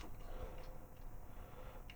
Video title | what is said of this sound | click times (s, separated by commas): Transformers review Perfect Effect PC-06 Devastator upgrade kit | and you take this, and this will slide on. Doesn't click on there very well. | none